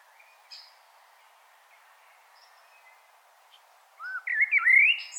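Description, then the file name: Common blackbird, faint scattered notes at first, then a loud, rising and falling warbled phrase in the last second. "Turdus merula"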